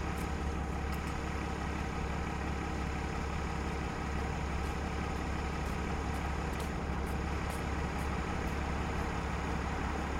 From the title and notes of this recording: Intersection of Atwater and Rue Delisle. Listening To Motors And Autumn Shuffling At A Bus Stop. The motor idling on a moderately busy street belongs to an airport shuttle. It takes up the sonic space of the intersection, masking the heavy early-winter sounds of boots and jackets.